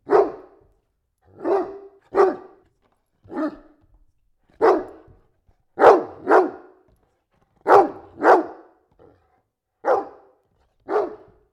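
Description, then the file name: Dog barking in short, sharp bursts, single barks mixed with quick doubles, about a dozen throughout with brief silent gaps between them. Domestic dog barking indoors. "Digiffects Sound Effects Library - Dog Barking Indoors"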